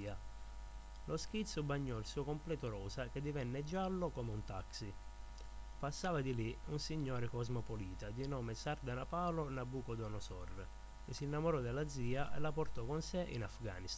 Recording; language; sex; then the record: read passage; Italian; male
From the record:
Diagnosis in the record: healthy control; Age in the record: 21 years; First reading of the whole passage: 51 s, 10.2 characters per second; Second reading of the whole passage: 47 s, 11.0 characters per second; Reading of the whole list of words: 60 s, 4.7 characters per second